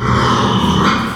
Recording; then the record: squeal of a Yucatan mini pig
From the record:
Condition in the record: after surgery on the right vocal fold (resection and tissue-engineered implant); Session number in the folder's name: 15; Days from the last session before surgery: 175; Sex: female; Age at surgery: 19 weeks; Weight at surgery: 25 kg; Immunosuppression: prednisolone